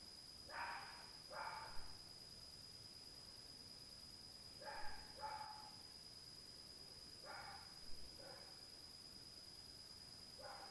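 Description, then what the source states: Dog giving soft barks in pairs, repeated every few seconds, against a quiet hiss and a steady high whine. At night, 2022.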